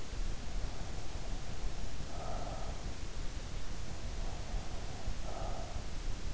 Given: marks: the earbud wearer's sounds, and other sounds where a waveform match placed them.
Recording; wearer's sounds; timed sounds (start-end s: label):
sounds in sleep by an in-ear microphone; breath
1.42-3.26 s: breath
4.02-5.86 s: breath